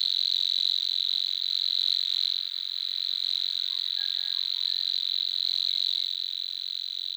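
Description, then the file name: Nightingale cricket song, an unbroken shrill high trill holding an even pitch, with faint short whistles partway through. "sverchok solovinyy golos"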